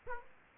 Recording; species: mosquito wingbeat signal from an infrared sensor; Aedes aegypti